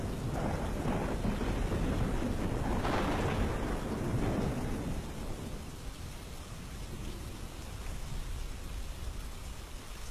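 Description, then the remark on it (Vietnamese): A loud, rumbling crack of thunder fills the first five seconds, then fades into a steady hiss of falling rain that continues alone to the end. “Đột nhiên một tiếng sét nổ đánh đùng, cả hai ông cháu giật thót cả mình. Trời ngoài kia bắt đầu đổ mưa.”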